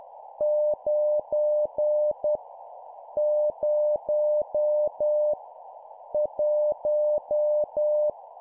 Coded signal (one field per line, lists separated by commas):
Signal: Morse code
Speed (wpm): 10 wpm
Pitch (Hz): 600 Hz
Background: none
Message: 9 0 1